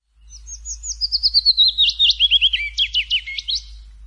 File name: Willow Warbler Singing In The Forest